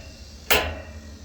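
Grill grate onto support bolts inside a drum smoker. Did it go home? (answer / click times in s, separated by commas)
yes / 0.5 s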